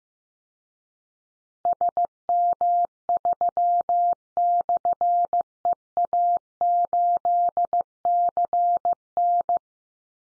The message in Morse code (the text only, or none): SM3/EA8CN